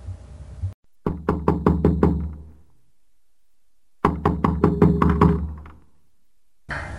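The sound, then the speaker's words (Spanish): Two bursts of firm knocking on grandmother's door by the wolf in Little Red Riding Hood, each a quick run of six or seven solid raps, separated by a pause of a couple of seconds. Brief noise comes just before and after. “¡Tic-tac, abuelita! ¡Yo soy tu nietita!”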